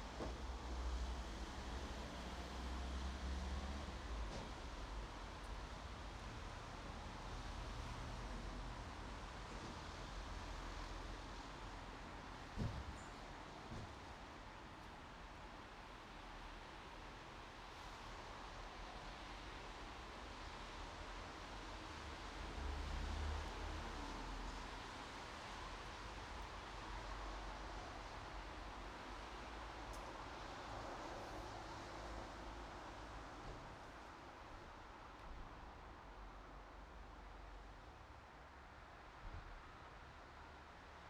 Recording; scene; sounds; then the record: everyday scene through a hearing-aid microphone; in traffic; traffic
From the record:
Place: bus stop on a city main road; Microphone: in the ear canal, right